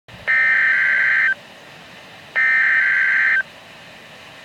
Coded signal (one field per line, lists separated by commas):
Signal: Emergency Alert System (SAME) tones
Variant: header bursts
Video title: (EAS #82) RWT